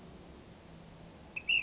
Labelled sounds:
Ash-throated Flycatcher (Myiarchus cinerascens)
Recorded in Sonoma County, California

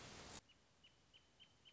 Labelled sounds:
Wrentit (Chamaea fasciata)
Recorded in Sonoma County, California

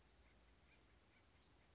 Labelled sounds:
Western Flycatcher (Empidonax difficilis)
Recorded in Sonoma County, California

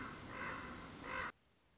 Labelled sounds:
Common Raven (Corvus corax)
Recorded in Sonoma County, California

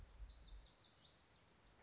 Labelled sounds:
Lazuli Bunting (Passerina amoena)
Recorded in Sonoma County, California

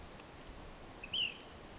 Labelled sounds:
Ash-throated Flycatcher (Myiarchus cinerascens)
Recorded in Sonoma County, California

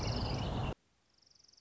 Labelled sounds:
Orange-crowned Warbler (Leiothlypis celata)
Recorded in Sonoma County, California

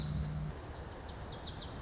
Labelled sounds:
Lazuli Bunting (Passerina amoena)
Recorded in Sonoma County, California

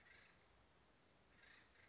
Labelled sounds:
Acorn Woodpecker (Melanerpes formicivorus)
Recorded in Sonoma County, California

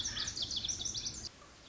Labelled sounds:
Lazuli Bunting (Passerina amoena)
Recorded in Sonoma County, California

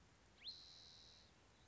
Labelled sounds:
Spotted Towhee (Pipilo maculatus)
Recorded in Sonoma County, California

